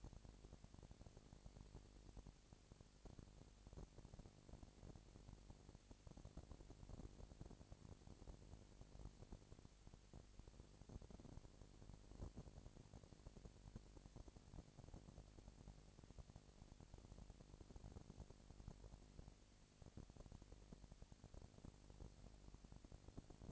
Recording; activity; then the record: daily activity, microphone in the room; no activity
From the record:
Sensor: 5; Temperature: 20.1 degrees Celsius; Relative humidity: 38.2%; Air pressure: 998.9 hPa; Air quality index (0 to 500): 218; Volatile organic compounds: 24 ppm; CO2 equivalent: 2814 ppm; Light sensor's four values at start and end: 2/3/1/1 and 2/3/1/1